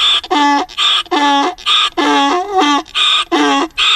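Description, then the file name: Donkey braying, a harsh harmonic hee-haw with honking notes alternating with breathy high ones, several quick cycles without pause. "Asino (Equus asinus)"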